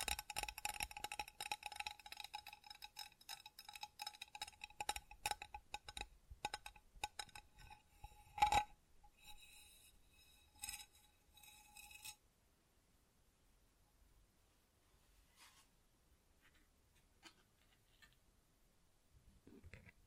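Tingly tapping and scratching textures: dense, crisp clicks and scrapes with a steady ringing tone under them for the first twelve seconds, a sharp louder hit near eight seconds. After about twelve seconds it thins to sparse, soft taps with near silence between.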